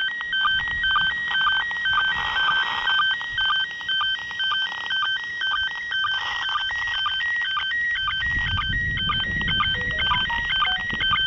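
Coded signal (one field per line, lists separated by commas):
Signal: SSTV (slow-scan television)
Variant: PD120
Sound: steady warbling tones stepping between pitches, ticking twice a second, with faint buzzy overtones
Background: radio static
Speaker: should be coming over any moment now and i'm starting to hear the one of the images so let's see here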